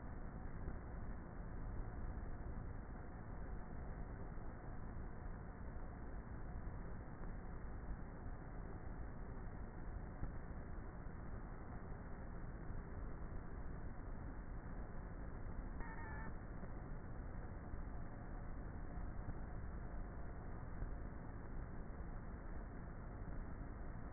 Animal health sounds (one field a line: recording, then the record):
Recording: honeybee colony, microphone inside the hive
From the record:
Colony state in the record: queenless with a low population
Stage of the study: before two queens were removed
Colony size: about 30,000 bees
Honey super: no